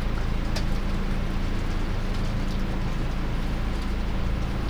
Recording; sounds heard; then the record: poultry house recording; no chicken sound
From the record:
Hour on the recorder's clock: 0